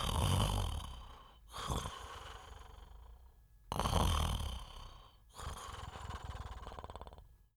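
Two slow, even breath cycles, about 16 a minute, from a sleeping adult man. Each has a deep, rumbling snore on the in-breath and a softer, fluttering out-breath. This is calm, regular snoring in sleep, a sound effect.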